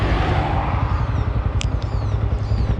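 A helmet is locked onto a motorcycle's helmet lock after it had been left unlocked, and a single sharp click at 1.6 s marks the lock shutting. Steady low-frequency rumble continues throughout, and no one talks in the clip.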